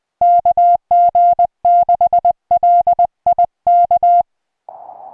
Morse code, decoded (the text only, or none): KG6LI K